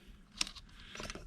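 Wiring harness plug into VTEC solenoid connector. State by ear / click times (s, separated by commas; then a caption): seated / 0.4 s. An electrical wiring harness plug is pushed one-handed onto the VTEC solenoid connector at the back of an engine, and it clicks in sharply at 0.4 s, followed by a few fainter handling sounds. The connector is seated and locked, and it holds when tugged.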